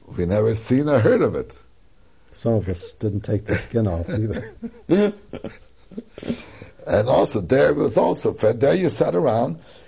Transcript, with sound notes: We never seen or heard of it.
Some of us didn't take the skin off, either.
( he laughs ) And also, there was also, at day you sat around.